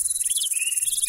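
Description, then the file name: Grasshopper stridulation as a steady, rapidly pulsed high buzz, while a bird chirps and warbles at lower pitch through the middle. "kuznechik"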